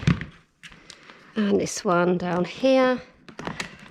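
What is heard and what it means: A front wheel is being slotted onto the front leg of a Hauck Swift X Duo pushchair; the wheel is meant to click into place so you know it is on properly. Short taps and knocks of handling are heard near 0.1, 0.2, 0.9, 1.1 and 3.4–3.6 seconds while someone talks. Nothing has clicked or seated yet.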